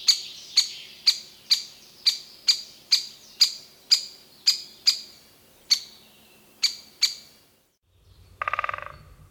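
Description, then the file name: Great spotted woodpecker giving sharp, high, clipped kik calls, about twice a second for several seconds, followed by a brief, lower rattling sound at the end. "buntspecht"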